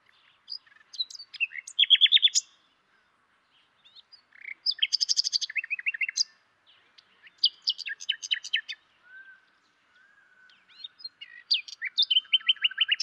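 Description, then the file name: Common nightingale singing varied phrases separated by short pauses, mixing high clicks, fast rattling trills and whistled notes. "Luscinia megarhynchos"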